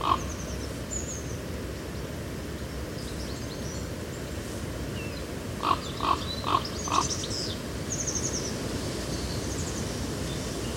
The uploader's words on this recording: A sound mosaic composed of field recordings made at Badbury Rings, Dorset, UK, during the summer of 2023.